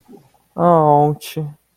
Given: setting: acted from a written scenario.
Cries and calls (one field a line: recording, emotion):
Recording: vocal sound without words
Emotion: adoration